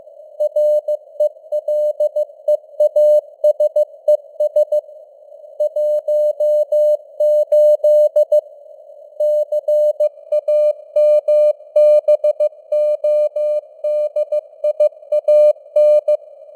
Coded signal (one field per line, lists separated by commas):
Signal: Morse code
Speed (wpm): 15 wpm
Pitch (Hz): 600 Hz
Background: none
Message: RELEASES 18 CAMBODIAN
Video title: Morse Code News | 2026-01-02 | 15wpm